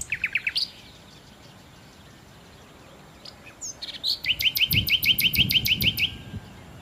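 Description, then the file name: Common nightingale song: a short trill of sharp notes, a long silence, then a scratchy flourish leading into a rapid, evenly spaced series of clicking whistled notes. "Nachtigall"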